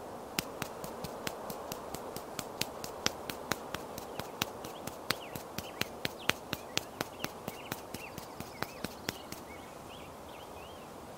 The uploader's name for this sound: Doing Your Makeup Outside on a Sunny Day